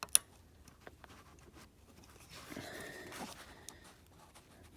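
On a Buick Enclave, a re-pinned plastic wiring harness connector is pushed onto the throttle position sensor on the throttle body, giving a sharp, bright click at 0.2 s. A few faint ticks and a soft rustling follow in a quiet space. The connector is seated nice and tight and not coming out.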